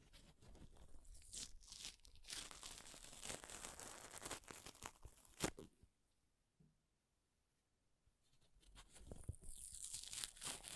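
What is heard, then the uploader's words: Paper is ripped and torn in dense, crackly bursts for the first five seconds or so, with sharp loud snaps near the end of that stretch. A quiet gap follows from about six to eight seconds, then tearing resumes, building in brightness toward the end. ASMR Paper Ripping Tearing Sounds (No Talking).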